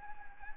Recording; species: mosquito wingbeat signal from an infrared sensor; Anopheles arabiensis